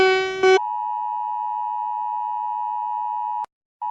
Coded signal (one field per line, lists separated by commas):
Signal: Emergency Alert System (SAME) tones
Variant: 853 and 960 Hz attention tone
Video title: Rating EAS Alarms!!!! Part 1